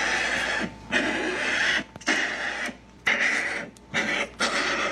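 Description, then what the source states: Turkey Vulture hisses, several broad raspy bursts of noise separated by short quiet gaps. Played example; these birds said to utter only grunts and hisses.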